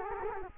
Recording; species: mosquito wingbeat signal from an infrared sensor; Culex quinquefasciatus